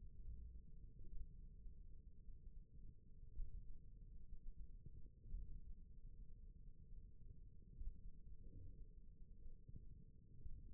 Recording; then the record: forearm muscle sounds (acoustic myography)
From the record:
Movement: thumb flexion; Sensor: system 1, eight BSWA MPA416 microphones around the upper forearm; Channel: 1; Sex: male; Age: 41 years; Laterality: right